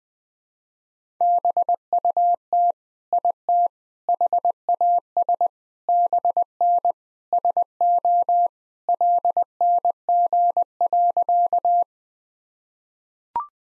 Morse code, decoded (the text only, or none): BUT IT HAS BN SO LNG.